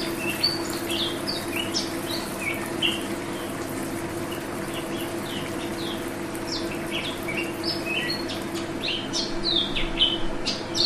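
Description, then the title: Oriental magpie-robin song, a rapid stream of varied whistled and chattering notes, many sliding up or down, over a steady low hum and background hiss. "Kicau Kacer"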